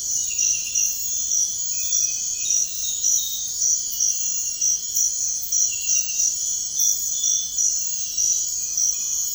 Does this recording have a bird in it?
no